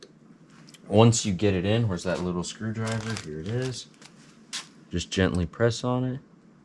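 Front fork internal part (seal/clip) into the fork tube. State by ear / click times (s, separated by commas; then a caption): not seated / none. During a 1998 KX125 front fork rebuild, a seal or clip is being fitted into the fork tube while someone talks and reaches for a small screwdriver to gently press on it. Faint handling noises come through at about 0.0, 0.7 and 4.1 seconds, but nothing has seated or clicked yet.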